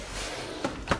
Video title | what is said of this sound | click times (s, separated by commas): Sony PlayStation 5 - Let's add RGB Lighting | Small push, it clicks into place. | 0.9 s